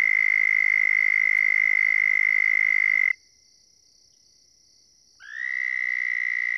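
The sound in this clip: Toad trilling in a sustained, even, high buzz that stops after three seconds, then a second trill begins with a short rising onset.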